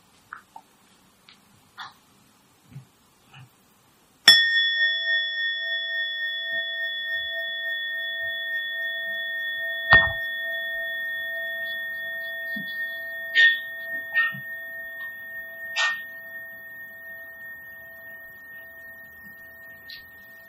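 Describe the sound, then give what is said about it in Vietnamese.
A meditation bell is struck once, as the second bell sound, ringing out with steady harmonic tones that slowly fade over many seconds, while a few faint clicks and soft knocks occur before and during the long decay. “Và lúc đó vị trí chung mới thỉnh tiếng thứ hai.”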